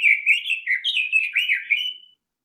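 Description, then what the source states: Red-billed Leiothrix giving one rich, continuous warble of quick, up-and-down slurred notes that ends on a thin, fading whistle. Song described as very pleasant to hear; because of it, widely caught as a world-famous caged ornamental bird, and numbers declined.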